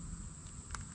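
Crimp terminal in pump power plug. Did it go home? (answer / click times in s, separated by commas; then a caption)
yes / 0.8 s. A second crimp terminal is pushed into the plastic power plug of a Shurflo Piranha live well pump until it latches. Under a steady hiss and low rumble, a faint, brief click at 0.8 s marks the terminal seating; it can be felt more than heard.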